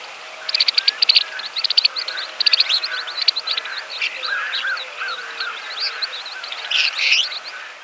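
Smith's longspur calling with rapid, dry ticking rattles repeated in bursts, mixed with lower sweet chirps.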